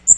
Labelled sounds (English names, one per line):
Magnolia Warbler flight call